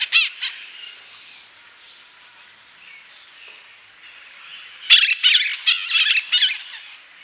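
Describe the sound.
Bird gives a couple of short harsh notes, falls quiet for several seconds, then bursts into a rapid series of raspy squawks.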